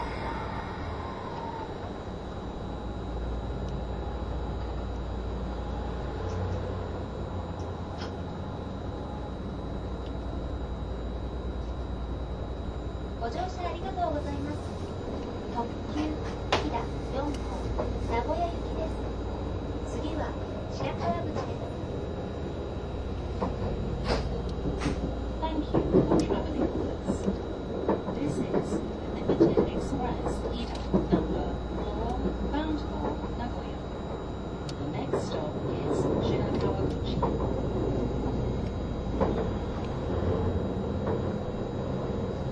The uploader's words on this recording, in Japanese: HC85系 ひだ04号02 下呂～美濃太田。2022年07月よりデビューした、シリーズハイブリッド方式の車両であるHC85系”ひだ04号”を収録したものです。エンジン音とモーター音のバランスを考慮して1号車9Dで収録を行いましたが、双方共に非常に静粛性に優れており僅かな音しか出ておりません。走行音。